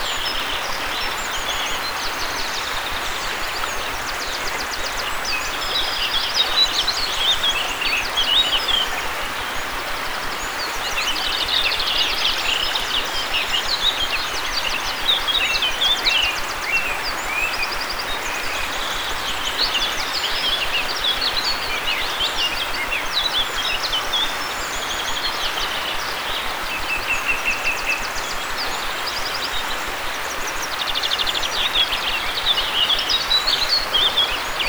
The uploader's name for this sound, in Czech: Česká příroda